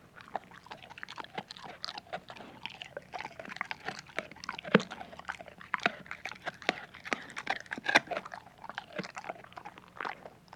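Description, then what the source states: Dog eating: continuous crunching and chewing with irregular sharp bites. Dog eating hard crunchy food.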